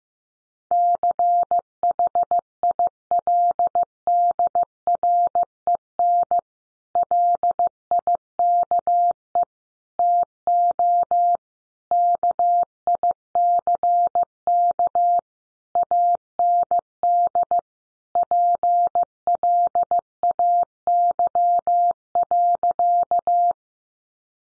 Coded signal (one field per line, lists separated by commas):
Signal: Morse code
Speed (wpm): 15 wpm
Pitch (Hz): 700 Hz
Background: none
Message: CHILDREN LIKE TO KICK AND PLAY.